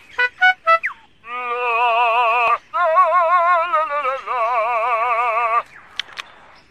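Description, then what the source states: Lyrebird song, quick harmonic notes then long sustained warbling tones with a rapid quaver, broken by a short gap, ending in sharp clicks. Played at the close of a radio interview.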